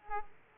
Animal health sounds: mosquito wingbeat signal from an infrared sensor; Aedes aegypti

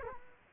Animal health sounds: mosquito wingbeat signal from an infrared sensor; Culex quinquefasciatus

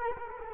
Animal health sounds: mosquito wingbeat signal from an infrared sensor; Culex quinquefasciatus

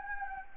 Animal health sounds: mosquito wingbeat signal from an infrared sensor; Anopheles gambiae

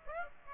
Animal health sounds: mosquito wingbeat signal from an infrared sensor; Aedes aegypti

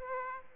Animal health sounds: mosquito wingbeat signal from an infrared sensor; Aedes aegypti

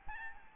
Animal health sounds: mosquito wingbeat signal from an infrared sensor; Aedes albopictus

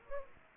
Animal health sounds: mosquito wingbeat signal from an infrared sensor; Aedes aegypti

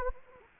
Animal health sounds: mosquito wingbeat signal from an infrared sensor; Anopheles gambiae

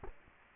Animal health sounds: mosquito wingbeat signal from an infrared sensor; Culex quinquefasciatus

